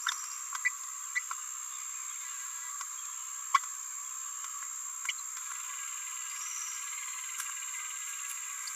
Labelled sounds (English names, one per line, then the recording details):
Green-rumped Parrotlet babbling
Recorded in a nest box in Venezuela
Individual 18B17A4